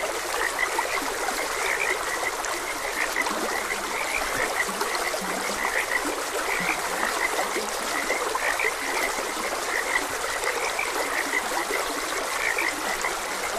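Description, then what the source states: Frog chorus with rapid chirping notes and occasional deeper croaks midway, carried over steady stream flow. Frogs croaking beside a gentle stream; nature ambience.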